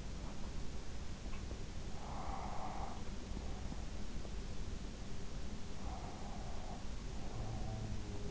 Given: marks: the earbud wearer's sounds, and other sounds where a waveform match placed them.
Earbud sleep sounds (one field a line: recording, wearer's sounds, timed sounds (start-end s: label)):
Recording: sounds in sleep by an in-ear microphone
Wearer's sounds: breath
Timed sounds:
2.02-2.96 s: breath
5.93-8.31 s: breath